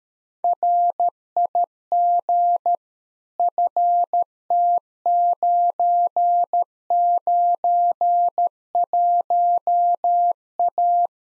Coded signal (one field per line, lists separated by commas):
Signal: Morse code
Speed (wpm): 13 wpm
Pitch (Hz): 700 Hz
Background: none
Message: RIG FT991A